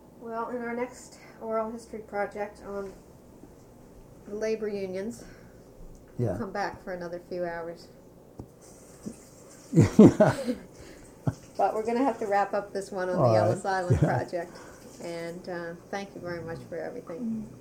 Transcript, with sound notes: Well, in our next oral history project on labor unions we'll come back for another few hours. (they laugh) But we're going to have to wrap up this one on the Ellis Island Project and, thank you very much for everything.